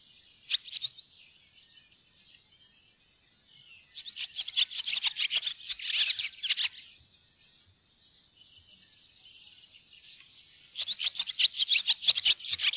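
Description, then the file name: Barn swallow twittering, two lively bursts of fast high chirps and trills separated by a quiet pause, with a brief note at the start. "laavesvale"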